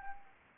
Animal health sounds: mosquito wingbeat signal from an infrared sensor; Anopheles arabiensis

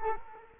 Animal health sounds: mosquito wingbeat signal from an infrared sensor; Culex quinquefasciatus

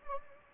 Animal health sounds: mosquito wingbeat signal from an infrared sensor; Anopheles gambiae

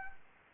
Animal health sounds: mosquito wingbeat signal from an infrared sensor; Anopheles gambiae

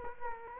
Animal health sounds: mosquito wingbeat signal from an infrared sensor; Culex quinquefasciatus

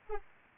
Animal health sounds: mosquito wingbeat signal from an infrared sensor; Anopheles arabiensis

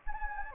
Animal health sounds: mosquito wingbeat signal from an infrared sensor; Anopheles gambiae

